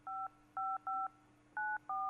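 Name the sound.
telephone keypad dialing tones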